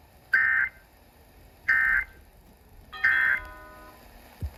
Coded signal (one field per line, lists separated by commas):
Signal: Emergency Alert System (SAME) tones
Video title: First Severe Weather Event of 2023 (4/7/23) (EAS #533 - 546)